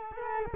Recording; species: mosquito wingbeat signal from an infrared sensor; Culex quinquefasciatus